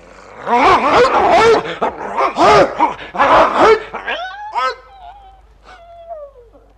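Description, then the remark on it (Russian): A dog named Dingo lets out several loud, harsh barks in quick succession, then breaks into thin, high-pitched whimpers and yelps that trail off and fade, sounding pained after being stabbed with a knife. “Бедная собачка, я не успел прийти тебе на помощь.”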